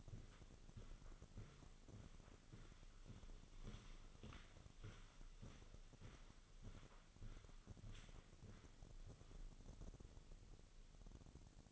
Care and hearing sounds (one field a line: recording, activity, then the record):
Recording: daily activity, microphone in the room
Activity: walk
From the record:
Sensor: 4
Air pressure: 1010.1 hPa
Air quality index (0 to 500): 174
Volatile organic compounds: 2 ppm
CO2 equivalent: 1256 ppm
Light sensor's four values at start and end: 58/145/61/67 and 57/142/60/66